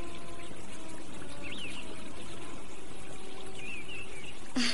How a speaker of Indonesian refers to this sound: segera saja bangkit dan masuk ke dalam sungai untuk membersihkan tubuhnya.